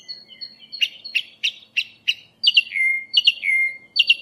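Song thrush song: sharp clipped notes repeated about five times, followed by a falling whistled phrase given twice and a quick squeaky ending.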